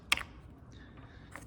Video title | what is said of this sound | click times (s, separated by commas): How to Replace the Battery in a GMC Sierra Truck Key Fob | you'll hear it snap as it goes back into place make sure both sides are snapped down | 0.1 s, 1.4 s